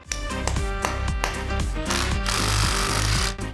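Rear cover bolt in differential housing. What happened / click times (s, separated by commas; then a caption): A bolt stripped under an impact driver / 0.1 s, 0.5 s, 0.9 s, 1.2 s, 2.3 s. An impact driver hammers on a bolt holding the rear cover of the differential housing on an RS3, with the axle suspended on a pit jack, and rattling impacts play over music. Sharp hits land at about 0.1, 0.5, 0.9, 1.2 and 2.3 seconds, followed by a steadier, brighter hammering toward the end. The bolt strips out under the impact driver because it was not done by hand, but it is unclear which hit is the slip.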